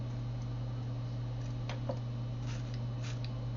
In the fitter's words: labai lengvai užsifiksuoja